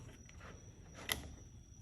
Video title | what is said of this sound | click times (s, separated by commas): Tool Time Tuesdays with Carrie - Kreg Jig | and then it's locked into place. | 1.1 s